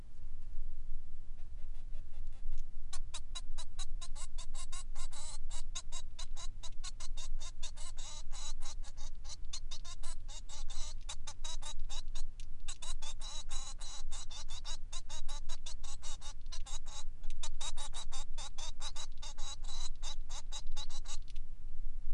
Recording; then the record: song of a male Bengalese finch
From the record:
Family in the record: son of father 3